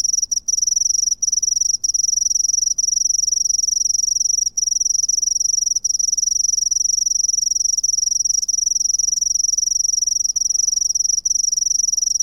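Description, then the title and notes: Cricket producing a steady, high, continuous trill with only occasional brief breaks, a constant shrill ringing tone. "Grillo by Kellyn Parra Garcia"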